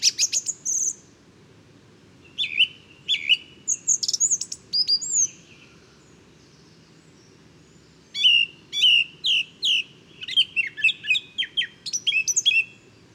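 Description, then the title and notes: Song thrush singing in separate bursts of clear whistles and clipped, repeated notes, with a longer pause before a final series of phrases. Inventive, varied, virtuoso male singing just after daybreak, 12 February 2019, Bois de Château Serein; Nagra Seven recorder with Telinga Pro7. "Bois de chateau serein. j&#39;enregistre une magnifique Grive musicienne"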